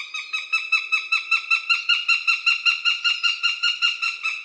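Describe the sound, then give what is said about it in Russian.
A falcon calls in a fast, steady series of shrill, harmonic-rich notes, about four per second, repeated evenly and loudly for several seconds with no other sounds. “Так что голос хорошо бы знать, и мне кажется, что там есть где запутаться, потому что голос многих соколов похож еще на голос того же ястреба-тетеревятника, ястреба-перепелятника по, скажем так, темпу.”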